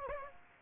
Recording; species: mosquito wingbeat signal from an infrared sensor; Aedes aegypti